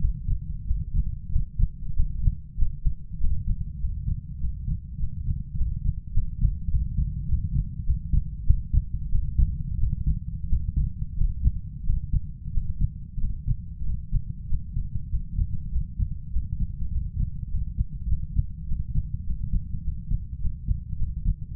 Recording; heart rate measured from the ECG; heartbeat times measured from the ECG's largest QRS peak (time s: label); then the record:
heart sounds by stethoscope; 98 bpm
0.66 s: heartbeat
1.31 s: heartbeat
1.95 s: heartbeat
2.58 s: heartbeat
3.19 s: heartbeat
3.80 s: heartbeat
4.39 s: heartbeat
4.98 s: heartbeat
5.56 s: heartbeat
6.13 s: heartbeat
6.70 s: heartbeat
7.27 s: heartbeat
7.85 s: heartbeat
8.46 s: heartbeat
9.11 s: heartbeat
9.79 s: heartbeat
10.49 s: heartbeat
11.17 s: heartbeat
11.85 s: heartbeat
12.53 s: heartbeat
13.19 s: heartbeat
13.85 s: heartbeat
14.48 s: heartbeat
15.10 s: heartbeat
15.71 s: heartbeat
16.32 s: heartbeat
16.91 s: heartbeat
17.50 s: heartbeat
18.08 s: heartbeat
18.67 s: heartbeat
19.25 s: heartbeat
19.83 s: heartbeat
20.40 s: heartbeat
20.98 s: heartbeat
21.55 s: heartbeat
From the record:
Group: healthy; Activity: Valsalva maneuver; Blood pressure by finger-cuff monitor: 96/64 mmHg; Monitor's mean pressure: 74 mmHg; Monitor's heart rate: 98 bpm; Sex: male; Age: 22 years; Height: 181 cm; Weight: 60 kg